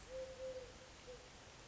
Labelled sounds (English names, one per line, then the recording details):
Eurasian Collared Dove
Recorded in Sonoma County, California